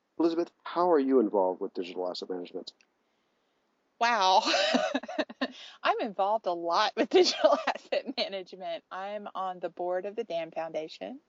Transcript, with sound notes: Elizabeth, how are you involved with Digital Asset Management?
Wow. [laughs] I’m involved a lot with Digital Asset Management. I’m on the board of the DAM Foundation.